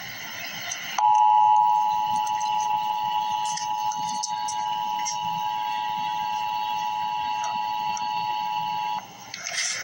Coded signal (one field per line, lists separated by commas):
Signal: Emergency Alert System (SAME) tones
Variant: 853 and 960 Hz attention tone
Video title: EAS Update - Winter Storm Warning - This evening on Jan 18, 2024